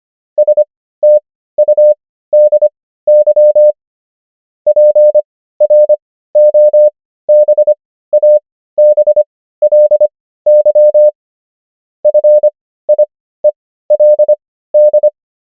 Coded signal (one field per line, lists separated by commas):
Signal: Morse code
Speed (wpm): 25 wpm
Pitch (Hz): 600 Hz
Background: none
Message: STUDY PROBABLY FIELD